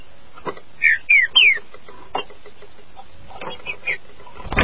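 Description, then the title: Green-winged saltator singing three loud, slurred whistles that fall in pitch in quick succession, followed by scattered clicks, softer chirps and a low thump at the end. "Trinca Ferro"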